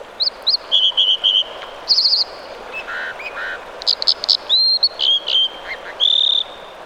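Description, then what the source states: American dipper calling with sharp, high whistled notes and short trills in varied, spaced phrases. American dipper; dippers live along noisy mountain streams.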